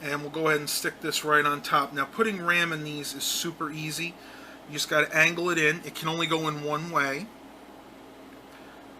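A laptop memory module is angled into its SO-DIMM slot on the motherboard while a man talks; it only fits one way. Nothing has seated or clicked yet, and after the talking stops only a steady low background hum remains.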